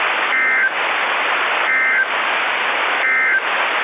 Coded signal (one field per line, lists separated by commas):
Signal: Emergency Alert System (SAME) tones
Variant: end-of-message bursts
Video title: [EAS RECREATIONAL] how is this even possible gng 🫩